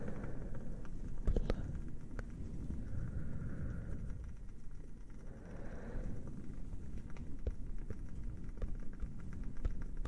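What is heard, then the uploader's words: A fire crackles with sharp, scattered pops arriving at irregular intervals, a few louder snaps near the start and more clustered toward the end. Beneath them runs a steady, dense low roar, with a faint brighter murmur rising briefly around four and six seconds. Cozy fire sounds, crackling candle.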